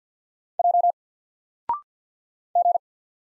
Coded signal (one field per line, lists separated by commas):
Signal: Morse code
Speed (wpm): 48 wpm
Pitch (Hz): 700 Hz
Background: none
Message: J G